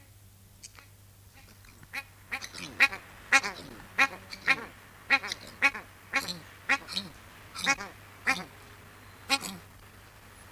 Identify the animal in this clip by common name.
Australian Shelduck